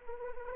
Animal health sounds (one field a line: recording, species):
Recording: mosquito wingbeat signal from an infrared sensor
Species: Anopheles arabiensis